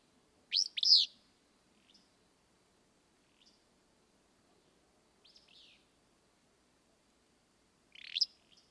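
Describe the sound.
Willow flycatcher giving an explosive, buzzy sneezing phrase early on. A few faint short notes follow, then another harsh phrase near the end.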